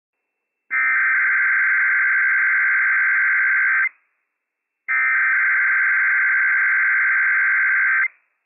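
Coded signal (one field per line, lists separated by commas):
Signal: Emergency Alert System (SAME) tones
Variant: header bursts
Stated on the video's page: Required Weekly Test issued by civil authorities over a weather radio transmitter, with operational EAS tones.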